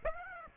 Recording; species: mosquito wingbeat signal from an infrared sensor; Aedes aegypti